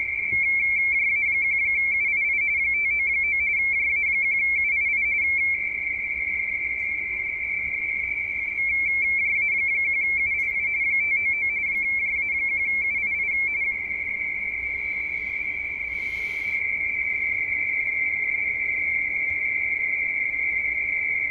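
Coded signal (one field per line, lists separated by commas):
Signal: RTTY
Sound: continuous rapid warbling between two close high tones over hiss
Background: radio static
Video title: YJΦGC, Vanuatu Is. Pacific Ocean, 18MHz, RTTY, Worked by HL2WA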